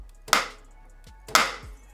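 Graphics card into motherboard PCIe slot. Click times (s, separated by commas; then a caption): 0.3 s, 1.4 s. An AMD RX 7900 GRE graphics card's gold-finger edge is pushed down into a motherboard PCIe x16 slot. Two sharp clicks are heard at 0.3 s and 1.4 s as the plastic retention latch flips up and locks. The card is seated and locked in place.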